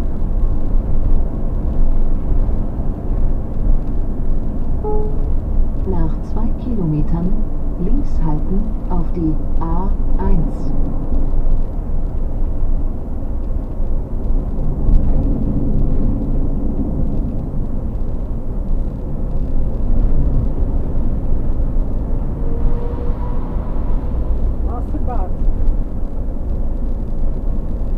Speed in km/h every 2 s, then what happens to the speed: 74, 74, 74, 72, 70, 70, 68, 66, 64, 64, 62, 62, 61, 61.
0-28 slows to 61.